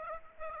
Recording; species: mosquito wingbeat signal from an infrared sensor; Aedes aegypti